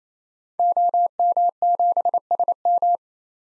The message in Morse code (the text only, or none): OM7SM